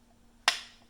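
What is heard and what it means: A plastic milk cup is pushed up into the bottom of the milk frothing unit of a Philips 3200 Series espresso machine (LatteGo) until it latches. A single sharp click sounds at 0.5 s and rings out briefly over a faint low hum. The cup is seated.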